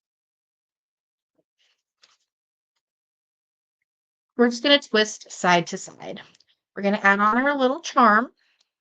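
Two pliers twist a small metal jump ring side to side as a charm is added to an earring, and a faint tick is heard near 2.0 s before someone talks from about 4.4 s. The jump ring has not yet been closed, so nothing has clicked or seated by the end of the clip.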